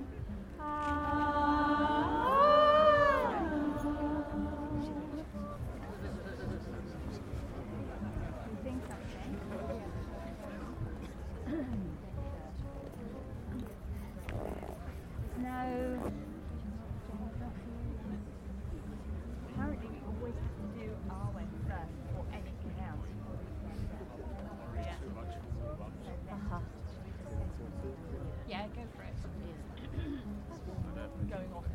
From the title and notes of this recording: Stonehenge Solstice 2023 - a Neolithic Soundscape. This summer solstice I headed to Stonehenge to capture the mood of the place.